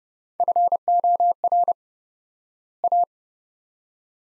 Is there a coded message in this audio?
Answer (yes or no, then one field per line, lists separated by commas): yes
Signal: Morse code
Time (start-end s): 0.4-3.0 s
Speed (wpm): 30 wpm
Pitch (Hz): 700 Hz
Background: none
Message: FOR A